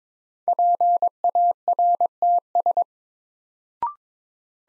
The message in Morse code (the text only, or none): PARTS